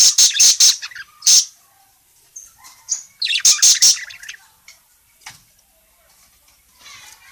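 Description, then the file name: Parakeet calls: harsh, high chirps in quick bursts, a loud flurry at the start and another near three and a half seconds, then softer scattered notes. Bird calling, described as gacor (very vocal, chatty). "suara burung parkit gacor memanggil"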